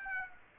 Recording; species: mosquito wingbeat signal from an infrared sensor; Aedes aegypti